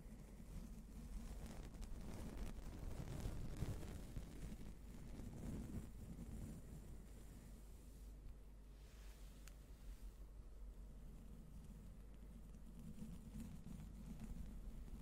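Slow, gentle brushing against a microphone, heard as soft rubbing swishes over a steady low rumble. The strokes are fuller and busier in the first six seconds, then settle into quieter, sparser rubbing, with a slight swell again near the end.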